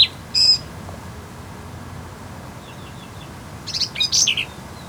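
Black-capped vireo song with a couple of sharp high notes, a pause, then a rapid jumble of squeaky, buzzy notes near the end.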